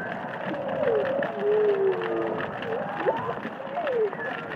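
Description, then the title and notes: Humpback whale calls, a few sliding moans and brief upward swoops with gaps between, amid steady crackling underwater hiss. Underwater humpback whales singing and calling in the Indian Ocean. "Whale Song is a collection of underwater recordings of humpback whales singing and calling in the Indian Ocean."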